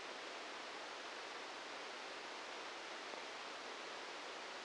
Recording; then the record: brain microelectrode recording played as sound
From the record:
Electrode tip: outside the subthalamic nucleus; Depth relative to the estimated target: -4 mm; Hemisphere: right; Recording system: NeuroSet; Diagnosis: Parkinson's disease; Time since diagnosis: 13 years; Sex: male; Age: 63 years